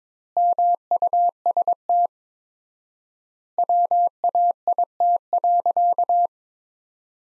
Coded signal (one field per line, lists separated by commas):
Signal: Morse code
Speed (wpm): 22 wpm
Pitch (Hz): 700 Hz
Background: none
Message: MUST WAIT.